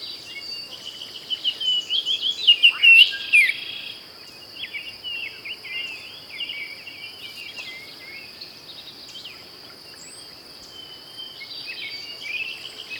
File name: Icterus galbula - Baltimore Oriole